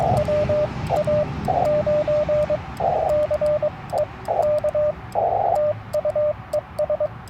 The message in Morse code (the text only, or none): WA9CEK TU ES